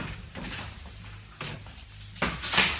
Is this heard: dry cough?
no